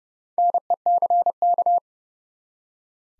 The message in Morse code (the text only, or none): NECK